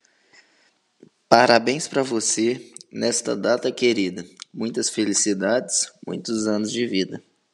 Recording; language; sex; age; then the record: short text; Brazilian Portuguese; male; 20 to 29 years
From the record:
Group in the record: control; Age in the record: 25 years